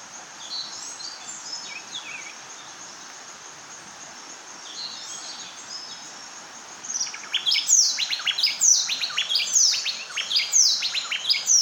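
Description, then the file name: Bay wren song: after several quiet seconds of faint similar phrases, loud rapid phrases of sliding whistles and sharp downward notes burst out, repeated in quick succession. "Bay Wren Cantorchilus nigricapillus"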